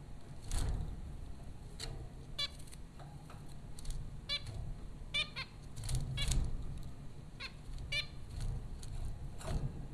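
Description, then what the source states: Zebra finch calls: short nasal honking notes with stacked harmonics, scattered irregularly among clicks and rustling, over a steady low hum. Zebra finches at Popcorn School, Flatbush, Brooklyn, New York, April 15, 2009.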